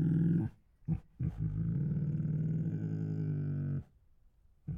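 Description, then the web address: Tiger moans: a short low groan, a brief huff, then a long rumbling moan lasting over two seconds, and the start of another sound at the end. Hungry tiger groans, huffs, moans and snores. "Sound Ideas Tigers Sound Effects Hungry Groans, Huffs, Moans and Snores"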